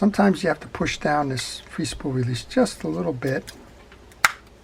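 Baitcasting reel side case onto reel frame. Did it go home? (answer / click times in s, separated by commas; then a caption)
yes / 4.2 s. A baitcasting reel's side case, on an early Abu Ambassadeur 5000 fishing reel, is pushed onto the reel frame while the free spool release is pressed down a little. Someone talks, then a sharp click at 4.2 s marks the side case snapping into place and seating with a solid seam.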